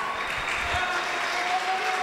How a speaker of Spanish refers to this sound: Bueno, un fuerte aplauso al mariachi